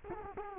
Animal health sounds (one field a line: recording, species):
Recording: mosquito wingbeat signal from an infrared sensor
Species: Culex quinquefasciatus